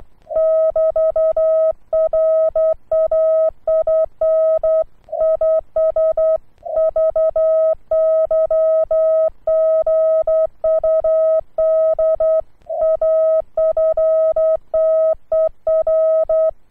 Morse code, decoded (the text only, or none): <BT> RAIN IS VY GUD AFTER